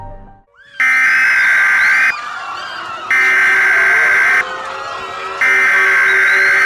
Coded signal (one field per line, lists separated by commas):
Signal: Emergency Alert System (SAME) tones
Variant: header bursts